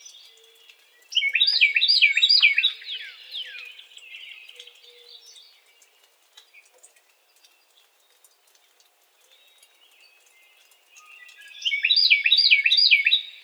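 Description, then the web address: Carolina wren song: a loud rolling series of repeated three-note phrases, several repeats over 1.5 seconds, given twice with a quiet pause between and faint chirps in the gap. Recorded on 4 January 2007. "Carolina Wren 2007 01 04"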